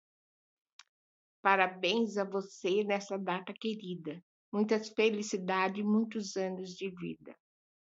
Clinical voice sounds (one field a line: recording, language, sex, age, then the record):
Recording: short text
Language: Brazilian Portuguese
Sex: female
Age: 60 to 69 years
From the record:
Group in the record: control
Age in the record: 65 years